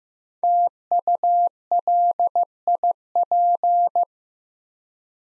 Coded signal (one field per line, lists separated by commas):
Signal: Morse code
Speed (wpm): 15 wpm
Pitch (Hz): 700 Hz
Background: none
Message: TULIP